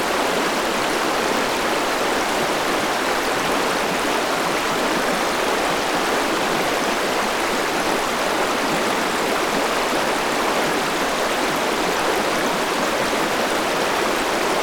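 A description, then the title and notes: Rushing water from a river or stream runs steady and dense for the whole stretch, a continuous hiss spread from low rumble up through bright spray. The level never changes, with no distinct splashes or other sounds standing out. Relax by the River.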